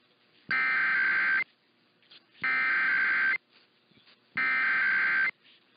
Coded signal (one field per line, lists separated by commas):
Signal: Emergency Alert System (SAME) tones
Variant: header bursts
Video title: You're a Mean One, Mr Colorado (EAS #14345-14361) 12/19-20/23